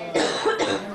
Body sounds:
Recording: coughing mixed with background sound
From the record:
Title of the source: female coughing - coughing sound effects girl

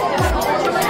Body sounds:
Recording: background sound without coughing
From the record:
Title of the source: Nightlife Party Simulating Party Club Noise 1 Hour

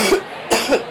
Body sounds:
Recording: coughing mixed with background sound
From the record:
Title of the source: 61 morning phlegmy cough...again

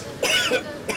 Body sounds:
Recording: coughing mixed with background sound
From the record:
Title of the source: Dry Afternoon Cough

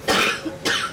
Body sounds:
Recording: coughing mixed with background sound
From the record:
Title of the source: 64 coughing, allergies, singing lungs

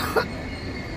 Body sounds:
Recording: coughing mixed with background sound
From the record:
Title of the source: choking, hacking coughing

